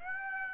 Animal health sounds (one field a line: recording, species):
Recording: mosquito wingbeat signal from an infrared sensor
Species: Aedes aegypti